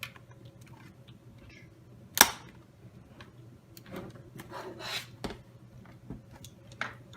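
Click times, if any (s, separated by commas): 0.0 s, 2.2 s, 5.2 s, 6.8 s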